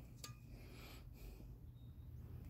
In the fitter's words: then push and you'll hear it pop and